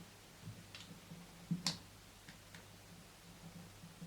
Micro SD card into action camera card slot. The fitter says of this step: we go hope you heard that click that's seated and closed